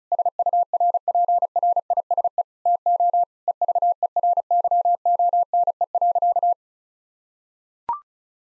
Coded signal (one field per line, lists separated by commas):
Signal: Morse code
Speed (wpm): 36 wpm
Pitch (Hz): 700 Hz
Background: none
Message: SURPRISE TO EVERYONE.